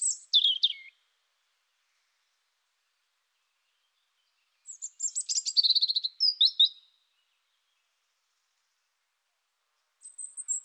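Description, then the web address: European robin song: short phrases of rapid high notes and a buzzy trill, separated by long silences, with another thin high phrase at the end. "annee-nature rougegorge"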